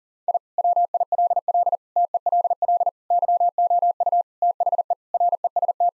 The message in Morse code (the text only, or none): I WILL TELL YOU THE REST